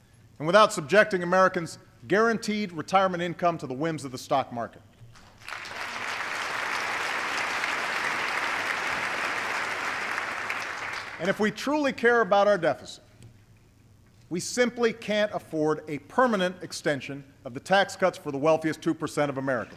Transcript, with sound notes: and without subjecting Americans’ guaranteed retirement income to the whims of the stock market. (Applause.) And if we truly care about our deficit, we simply can’t afford a permanent extension of the tax cuts for the wealthiest 2 percent of Americans.